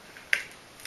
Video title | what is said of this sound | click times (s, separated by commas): Building a Shuttle XH61V HTPC | module snapped | 0.3 s